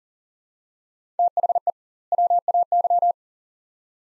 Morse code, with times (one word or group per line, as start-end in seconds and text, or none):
1.2-1.7 THE
2.1-3.1 WAY